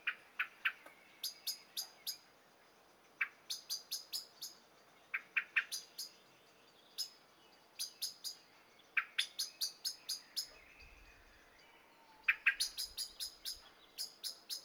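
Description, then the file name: Common blackbird calls: many sharp chink notes in short, irregular bursts separated by brief pauses. "Turdus merula"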